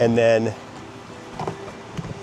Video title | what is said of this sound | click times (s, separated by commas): How to Set Up and Break Down Your Gear Box | the same thing on this side. Snap. When you hear that snap, it's in place. | 1.5 s